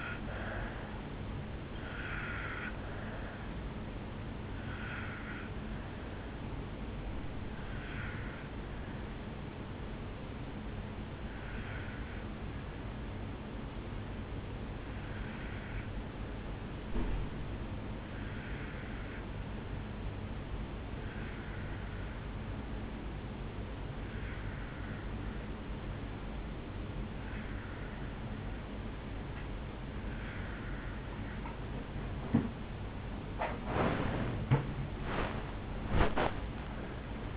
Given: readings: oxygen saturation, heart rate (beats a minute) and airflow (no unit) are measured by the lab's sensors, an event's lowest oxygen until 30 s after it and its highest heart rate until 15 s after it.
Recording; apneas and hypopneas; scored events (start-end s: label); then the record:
breathing in sleep by a voice recorder at the bedside; 1
4.00-32.90 s: obstructive apnea (N1, oxygen 97% highest, then 89% lowest, heart rate 68 at the start, 68 highest)
18.00-37.37 s: new sleep stage, N2 (light sleep)
From the record:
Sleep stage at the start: N1 (lightest sleep); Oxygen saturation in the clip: 78 to 97%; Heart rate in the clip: 50 to 74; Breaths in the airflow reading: 4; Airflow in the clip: -5.8 to 5.9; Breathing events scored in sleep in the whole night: 449 in 7.0 hours asleep